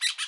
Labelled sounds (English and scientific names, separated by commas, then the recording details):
Brown-throated Parakeet (Eupsittula pertinax) contact call
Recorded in Bonaire
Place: 1 km N of power plant, rd to Republiek
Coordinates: 12.184, -68.285